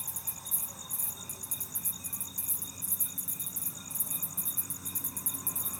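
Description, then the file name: Cricket giving rapid high chirps in irregular bursts, with faint steady background hiss. "grillo"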